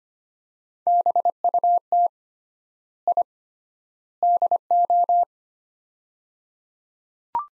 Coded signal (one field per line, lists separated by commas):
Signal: Morse code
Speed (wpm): 25 wpm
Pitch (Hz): 700 Hz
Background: none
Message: BUT I DO